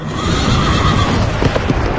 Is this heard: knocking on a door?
no